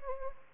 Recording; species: mosquito wingbeat signal from an infrared sensor; Anopheles gambiae